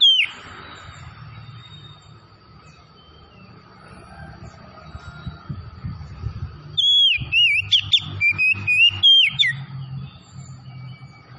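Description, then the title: Oriental magpie-robin whistling briefly at the start, then a long noisy gap, then a short burst of rapid sliding whistles. Tretes variety, singing vigorously (gacor). "Kacer Tretes Gacor"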